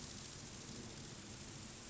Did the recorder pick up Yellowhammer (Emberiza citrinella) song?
no